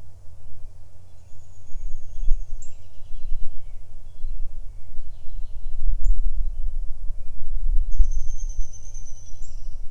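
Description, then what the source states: Birds calling: long thin high whistles and a few buzzy notes, over a constant low rumble. Recorded in a backyard.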